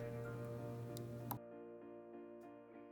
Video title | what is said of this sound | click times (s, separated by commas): GoPro Hero 6 Black - Complete Setup, Connect to GoPro App, Features and More | So to slide in like that, now you want to make sure you push down all the way until you hear a click. | 1.3 s